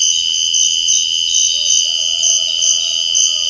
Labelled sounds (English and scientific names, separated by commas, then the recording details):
none
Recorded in dense forest near Puerto Asís, Putumayo, Colombia, on 21 February 2024 at 05:30
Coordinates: 0.485, -76.325
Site G6429